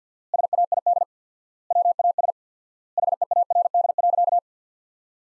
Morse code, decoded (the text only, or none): SAID WAS HEARD.